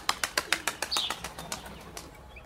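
Pigeons at the main railway station (Hauptbahnhof) flap their wings in a quick, steady burst of about a dozen dry, papery wingbeats that gradually fade, with a brief high chirp partway through. No one speaks.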